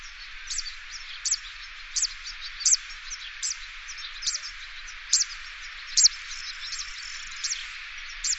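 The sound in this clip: Bird calls: short, high, sharp chirps repeated at short intervals over a steady background hiss.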